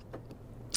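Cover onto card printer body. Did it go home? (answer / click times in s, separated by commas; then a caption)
yes / 0.8 s. After a print cartridge is installed, the plastic cover of an HID FARGO INK1000 inkjet plastic card printer is closed onto the printer body. A low steady hum and faint ticks lead up to a sharp, loud snap at 0.8 s. The cover is shut and the printer is ready.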